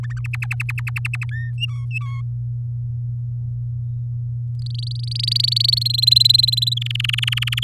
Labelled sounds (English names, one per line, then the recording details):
Domestic Canary song
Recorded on 7 May 2018 at 13:43
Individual llb16